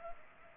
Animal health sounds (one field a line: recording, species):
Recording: mosquito wingbeat signal from an infrared sensor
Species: Culex pipiens